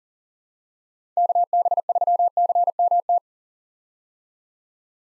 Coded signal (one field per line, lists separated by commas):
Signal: Morse code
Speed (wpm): 40 wpm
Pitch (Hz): 700 Hz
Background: none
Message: KB3CMT